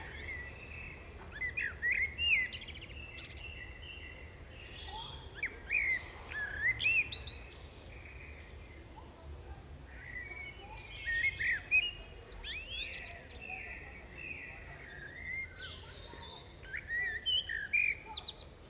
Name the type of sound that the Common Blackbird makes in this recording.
song